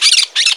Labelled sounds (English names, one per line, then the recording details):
Brown-throated Parakeet contact call
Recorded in Margarita
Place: San Francisco, near stadium
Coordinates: 11.018, -64.294